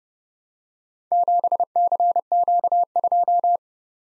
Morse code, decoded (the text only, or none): 7CQ2